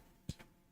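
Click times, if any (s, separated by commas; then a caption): none. A plastic LEGO archway piece is pressed onto the last rung of a LEGO Dark Magician brick model. A short, sharp tap sounds at about 0.3 s, followed by a fainter one near 0.4 s, over quiet background. The archway has not clicked into place.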